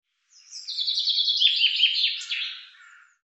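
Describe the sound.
Common chaffinch song, a quick series of sharp chipping notes that descend in stages, then a short rising-falling ending phrase lasting under three seconds.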